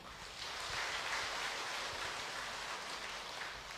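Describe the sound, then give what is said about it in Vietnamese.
An audience at a Buddhist retreat applauds to welcome a venerable monk giving a dharma talk, in a dense, steady wash of clapping that holds at an even level for a few seconds, with no voices over it. “Chúng ta trong tràng pháo tay.”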